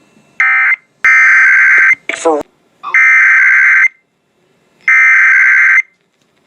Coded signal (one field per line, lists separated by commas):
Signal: Emergency Alert System (SAME) tones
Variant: header bursts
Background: speech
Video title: Shasta's RMT (EAS #3468-3484)